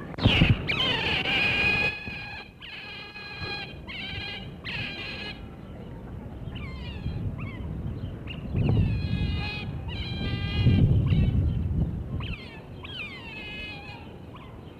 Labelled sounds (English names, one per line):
European Otter call